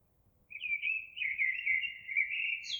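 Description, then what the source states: Eurasian blackbird singing one sustained warbled phrase of mellow whistles, closing with a high squeaky flourish. Recorded 26 April 2022.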